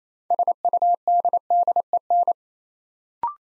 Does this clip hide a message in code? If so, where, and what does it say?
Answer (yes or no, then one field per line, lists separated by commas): yes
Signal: Morse code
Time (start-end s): 0.3-2.3 s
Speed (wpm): 27 wpm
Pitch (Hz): 700 Hz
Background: none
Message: SUDDEN